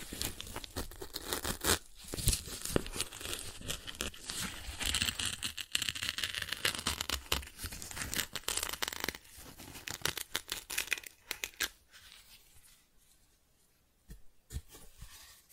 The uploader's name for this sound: Cardboard Scratching, Tracing, Tearing